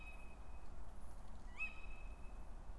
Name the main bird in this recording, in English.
Tawny Owl